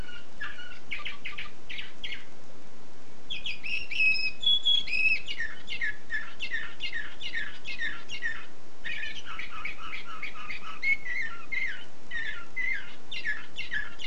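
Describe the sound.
Canary song with rapid repeated chirped notes and short trills in several phrases separated by brief pauses, with constant background hiss.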